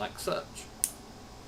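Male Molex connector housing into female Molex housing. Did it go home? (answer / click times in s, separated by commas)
yes / 0.8 s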